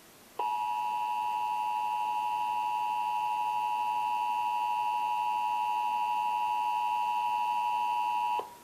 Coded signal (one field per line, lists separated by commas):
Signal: Emergency Alert System (SAME) tones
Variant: 853 and 960 Hz attention tone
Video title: Child Abduction Emergency - 12/16/15 (EAS #1,036)